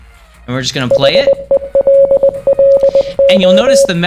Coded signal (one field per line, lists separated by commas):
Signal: Morse code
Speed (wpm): 19 wpm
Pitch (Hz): 550 Hz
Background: speech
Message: HELLO